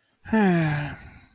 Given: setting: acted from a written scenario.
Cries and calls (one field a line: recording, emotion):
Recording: vocal sound without words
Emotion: neutral